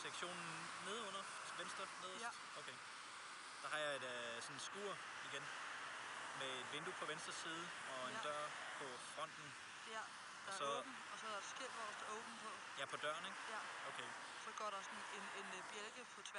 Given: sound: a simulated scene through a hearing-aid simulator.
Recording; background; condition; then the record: conversation; traffic; +4 dB SNR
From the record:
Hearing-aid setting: I (fast-acting compression, audibility-based gain); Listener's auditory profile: D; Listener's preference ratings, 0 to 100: 66, 90, 69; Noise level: 75 dB SPL